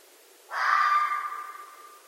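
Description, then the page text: Red fox giving a single coarse, scratchy cry that begins sharply and tails away gradually over more than a second. At night, in North America. "Night Sounds, Pt 7 – Red Foxes – Stan Courtney"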